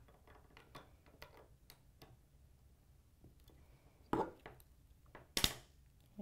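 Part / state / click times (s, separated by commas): cable gland cap on solar connector body / torque reached / 5.4 s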